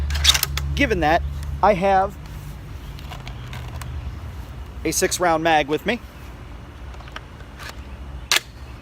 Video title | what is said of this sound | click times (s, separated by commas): REVIEW: Arcane Caliburn #1 | course it just pops right in now I'm going to be shooting offhand here for a second but | 8.3 s